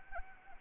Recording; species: mosquito wingbeat signal from an infrared sensor; Anopheles arabiensis